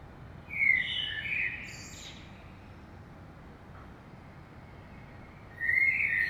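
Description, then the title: Common blackbird song: a mellow warble with a high squeaky ending, then a long pause before the next phrase begins. Saint-Gilles, Belgium; early morning; recorded with a DPA 2006c AB pair into a Zoom F3. "Saint-Gilles, Belgique - Blackbird - Merle"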